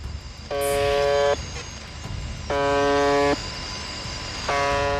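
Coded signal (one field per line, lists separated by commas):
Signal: unidentified radio signal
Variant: UVB-76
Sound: harsh low buzz repeating about every two seconds, three buzzes heard over hiss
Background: radio static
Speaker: 라디오에서 끊임없이 들려오는 의문의 벗어 음이 소리는 1분에 약 20 5번씩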